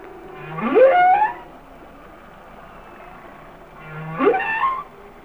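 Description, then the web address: Humpback whale song: two rising, sweeping moans climbing from low pitch into a high wavering tone, a few seconds apart. "Whale Songs Sounds of Nature - Humpback Whales"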